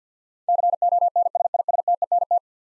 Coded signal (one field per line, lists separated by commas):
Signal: Morse code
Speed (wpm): 47 wpm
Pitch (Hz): 700 Hz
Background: none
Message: CONSISTENT